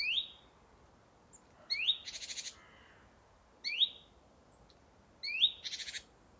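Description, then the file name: Great tit calls: four high squeaky notes spaced throughout, two of them followed by short buzzy churrs. "Parus major"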